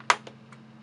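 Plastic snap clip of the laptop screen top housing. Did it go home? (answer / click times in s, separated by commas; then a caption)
released / 0.1 s. A flathead screwdriver inserted at the side of the plastic top housing piece of an NP700Z7C-S01UB laptop screen assembly is pushed out slightly. A sharp, bright snap at 0.1 s is followed by two fainter ticks near 0.3 s and 0.5 s over a steady low hum. The plastic snap clip releases and comes loose.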